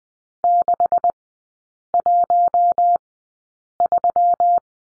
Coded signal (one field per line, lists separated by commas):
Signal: Morse code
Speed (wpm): 20 wpm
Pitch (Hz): 700 Hz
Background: none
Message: 613